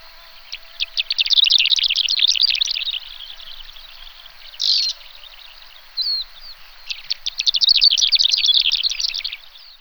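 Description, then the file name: Greater short-toed lark calls in two bursts of rapid, dry chirping twitters, high-pitched and jumbled, with a brief buzzy note and a short chirp between them. "Calandrella brachydactyla"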